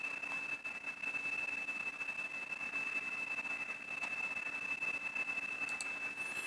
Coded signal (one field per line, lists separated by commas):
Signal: PSK31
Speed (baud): 31.25 baud